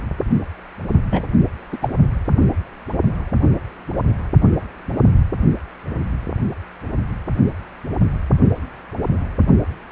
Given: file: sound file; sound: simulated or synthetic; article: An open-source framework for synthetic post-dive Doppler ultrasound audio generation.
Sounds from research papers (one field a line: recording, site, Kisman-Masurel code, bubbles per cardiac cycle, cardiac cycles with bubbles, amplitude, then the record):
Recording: Doppler ultrasound audio after a dive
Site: precordial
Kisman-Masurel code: 213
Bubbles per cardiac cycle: several, 3–8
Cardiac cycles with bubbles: 1–10%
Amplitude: loud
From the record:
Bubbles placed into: partial cardiac cycles